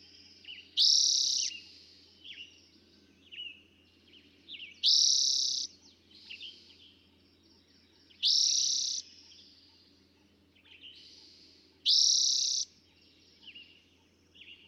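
Eastern towhee singing a bright, rapid trill roughly every three and a half seconds, four phrases in all, while softer bird notes chatter in the gaps.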